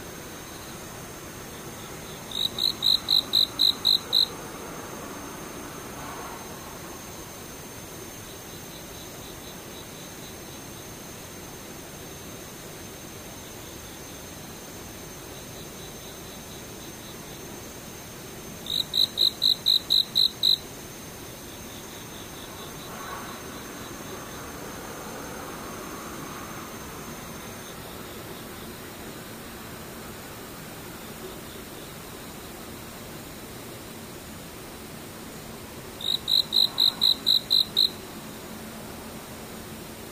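Insects sing in three loud, bright bursts of rapid pulsing chirps, each about two seconds long, near the start, around twenty seconds, and again near thirty-six seconds. Between bursts a steady low hiss and faint soft rumbles fill the background.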